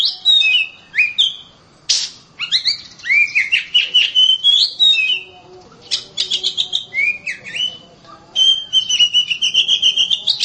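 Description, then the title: Oriental magpie-robin song: a varied run of clear whistles, sliding notes and quick chattering bursts, broken by short pauses. Champion singing bird. "Kicau Burung Kacer Juara. Suara Kacer"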